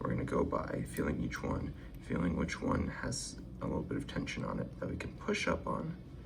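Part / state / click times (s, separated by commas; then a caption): pin in a pin-tumbler lock cylinder / not seated / none. A pin in a pin-tumbler lock cylinder is being picked under light tension, with the pick feeling for a pin to push up toward the shear line while someone talks. No pin has set or clicked yet in this clip.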